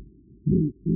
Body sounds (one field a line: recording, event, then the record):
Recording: neck accelerometer signal played as sound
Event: no cough (speech, laughter, throat clearing or background)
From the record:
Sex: female